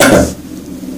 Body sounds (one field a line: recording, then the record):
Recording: coughing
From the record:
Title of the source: Residual Phlegmy Morning Coughing and Gagging